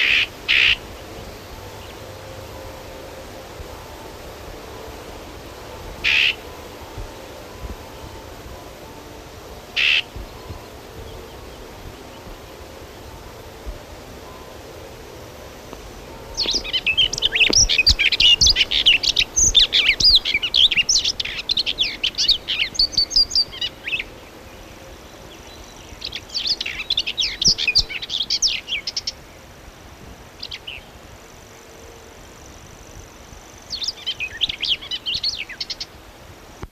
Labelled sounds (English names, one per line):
Common Whitethroat song